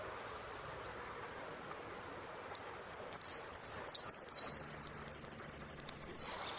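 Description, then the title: Saffron finch song: sparse high chips build into quick slurred falling notes, then a long sustained buzzy trill. "Jilguero Argentino"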